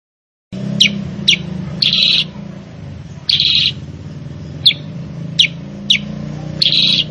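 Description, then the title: Sooty-headed bulbul song: sharp high chips alternate with longer harsh, buzzy bursts at uneven intervals over a constant low background drone. Masteran (pancingan) recording for training cage birds, intended to prompt loud, vigorous singing; described as sharp-voiced. "Masteran Kutilang Sutra. PANCINGAN KUTILANG SUTRA GACOR SUARA PEDAS"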